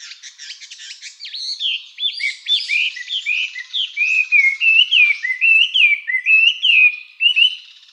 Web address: birdenaga gabityou